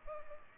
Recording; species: mosquito wingbeat signal from an infrared sensor; Culex pipiens